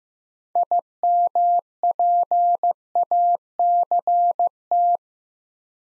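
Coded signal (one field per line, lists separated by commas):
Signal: Morse code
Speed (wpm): 15 wpm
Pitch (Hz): 700 Hz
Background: none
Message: IMPACT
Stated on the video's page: Practice drill of 6-letter words at 15 wpm; first letters spoken, word sent in Morse, spoken, then sent again.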